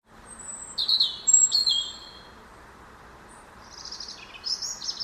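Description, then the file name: European robin song, thin high whistled notes and sliding trills in short phrases, with a pause before a fainter phrase near the end, over steady low hiss. "Erithacus rubecula"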